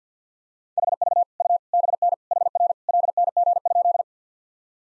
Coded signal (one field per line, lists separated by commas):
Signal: Morse code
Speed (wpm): 50 wpm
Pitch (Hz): 700 Hz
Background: none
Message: HV U BN HR LNG?